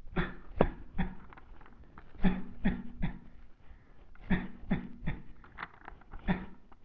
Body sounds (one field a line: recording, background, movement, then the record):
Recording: voluntary coughing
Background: quiet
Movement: sitting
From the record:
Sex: male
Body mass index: 23.7 kg/m2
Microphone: on the chest, facing the body